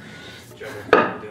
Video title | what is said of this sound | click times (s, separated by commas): LS TWIN TURBO Hilux GOES DRAG RACING - Deathwish EP5 | there we go all right three clicks and there's no spaghetti | 0.9 s